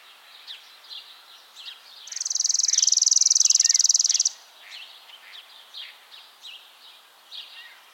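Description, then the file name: Chipping sparrow song, a steady, rattling trill of quick identical notes held on one pitch for about two seconds, with other small birds chipping before and after. "Spizella passerina - Chipping Sparrow"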